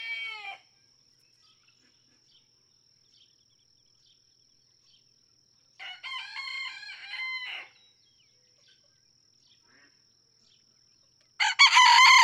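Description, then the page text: Red junglefowl (chicken): rooster crowing: a crow ending at the start, a wavering crow in the middle, and another starting loudly at the end, with quiet gaps between. Several domestic roosters (chickens) in a barnyard just outside Mammoth Cave National Park, Kentucky, USA, June 2, 2010; each rooster crows differently, illustrating individual song differences. "Birdsong for the Curious Naturalist. Red junglefowl (chicken) No two roosters crow alike in this Kentucky barnyard. June 2, 2010. Just outside Mammoth Cave National Park, Kentucky"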